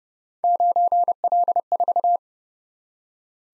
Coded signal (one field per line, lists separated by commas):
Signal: Morse code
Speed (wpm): 30 wpm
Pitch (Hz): 700 Hz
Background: none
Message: 9L4